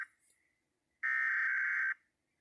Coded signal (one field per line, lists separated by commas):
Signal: Emergency Alert System (SAME) tones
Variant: header bursts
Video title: EAS #34 Louisiana RMT